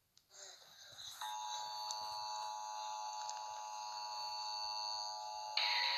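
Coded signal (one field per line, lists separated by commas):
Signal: Emergency Alert System (SAME) tones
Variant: 853 and 960 Hz attention tone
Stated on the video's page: Creepypasta fictional EAS scenario using valid EAS tones.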